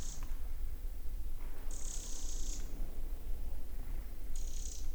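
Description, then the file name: Eurasian wren calls: a brief high rattle, then a longer buzzy churr near two seconds, and another near the end, over low hum. "Troglodytes troglodytes"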